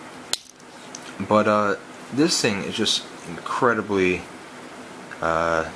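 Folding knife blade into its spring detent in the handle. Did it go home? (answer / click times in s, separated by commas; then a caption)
yes / 0.3 s. A Spyderco Pingo slip-joint folding knife blade is rotated against its back spring, which has detent cutouts at the half-open and full-open positions. The blade snaps into its detent with a sharp click at 0.3 s. Someone then talks.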